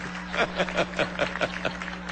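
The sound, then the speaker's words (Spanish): Audience applause for the doctors of the Cuban medical mission in Venezuela: a steady patter of sharp, separate claps at a fairly even pace, moderately soft, with a low electrical hum running underneath and no clear talking. “que pido un aplauso especial para las médicas, médicos, la misión cubana”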